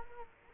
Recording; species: mosquito wingbeat signal from an infrared sensor; Culex quinquefasciatus